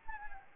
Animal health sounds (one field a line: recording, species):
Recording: mosquito wingbeat signal from an infrared sensor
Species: Anopheles arabiensis